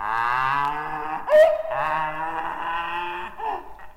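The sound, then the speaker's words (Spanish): A donkey brays in long, drawn-out, harmonic tones, the call breaking briefly partway through before resuming and trailing off, loud and alone with no talking. “lo destinó a la escuela de asnos para que allí enseñara a rebuznar a los pequeños.”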